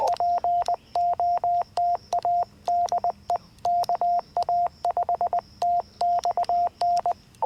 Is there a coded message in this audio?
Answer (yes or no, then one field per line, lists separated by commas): yes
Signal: Morse code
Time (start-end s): 0.1-7.1 s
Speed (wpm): 20 wpm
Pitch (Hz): 700 Hz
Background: radio noise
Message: POTA DE KA5TXN